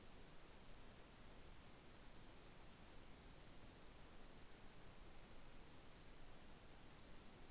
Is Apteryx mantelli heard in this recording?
no